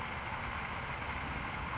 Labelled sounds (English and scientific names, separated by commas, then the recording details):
California Towhee (Melozone crissalis)
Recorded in Sonoma County, California